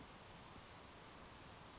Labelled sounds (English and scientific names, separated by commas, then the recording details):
California Towhee (Melozone crissalis)
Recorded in Sonoma County, California